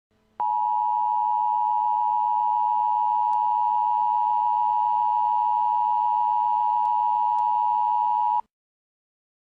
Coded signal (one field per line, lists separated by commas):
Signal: Emergency Alert System (SAME) tones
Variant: 853 and 960 Hz attention tone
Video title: Nuclear EAS During My Sources